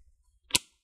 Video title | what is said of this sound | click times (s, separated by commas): Acer V3 371 📢 SSD - HDD UPGRADE | and then you what you need to do is just push the corners down you want to hear those clicks | 0.6 s